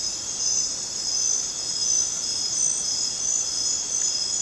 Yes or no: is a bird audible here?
no